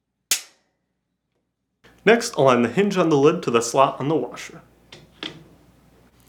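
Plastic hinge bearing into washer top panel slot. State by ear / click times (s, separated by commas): seated / 0.3 s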